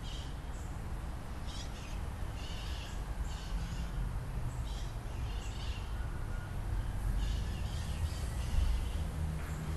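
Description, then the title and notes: Parrot calls: rasping squawks in clustered bursts over a continuous low rumbling background. Recorded in the morning on 18 January 2021. "Parrot morning.m4a by Juraj Kojš"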